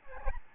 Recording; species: mosquito wingbeat signal from an infrared sensor; Aedes albopictus